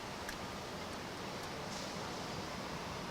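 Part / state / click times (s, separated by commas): door latch on a cooling tower access door / not seated / none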